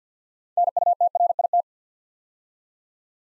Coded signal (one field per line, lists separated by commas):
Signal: Morse code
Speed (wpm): 51 wpm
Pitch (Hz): 700 Hz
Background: none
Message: NUTRIT